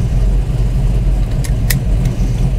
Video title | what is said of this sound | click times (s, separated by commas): 1970 Plymouth Barracuda Virtual Test Drive at Volo Auto Museum (V18784) | clicks right in | 1.7 s